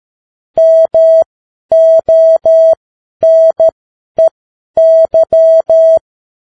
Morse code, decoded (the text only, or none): MONEY